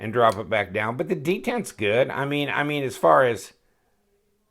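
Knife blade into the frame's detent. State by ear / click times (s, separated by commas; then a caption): not seated / none. A man talks while handling a TwoSun TS 73 titanium framelock flipper knife with a D2 steel blade, moving the blade toward the frame's detent. The talking ends abruptly around 3.5 s, followed by near silence. Nothing has seated or clicked yet.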